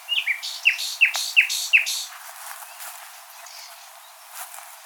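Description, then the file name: Common nightingale song phrase: a series of five loud, sharply descending whistled notes about every third of a second, followed by quiet faint calls. "Luscinia megarhynchos"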